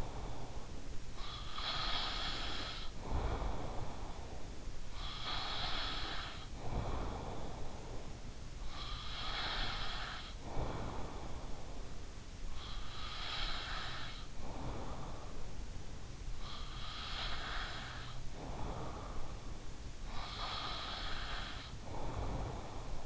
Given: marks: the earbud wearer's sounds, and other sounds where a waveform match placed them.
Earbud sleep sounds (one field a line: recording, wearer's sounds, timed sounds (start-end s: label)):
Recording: sounds in sleep by an in-ear microphone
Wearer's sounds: breath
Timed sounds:
0.00-23.06 s: breath